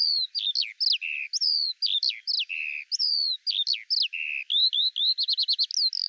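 Eurasian skylark singing a tumbling run of chirps and slurred whistles, ending in a quick rattling trill and a high note.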